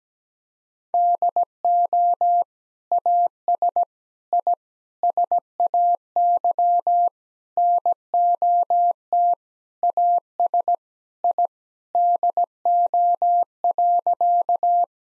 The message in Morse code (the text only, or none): DO AS I SAY NOT AS I DO.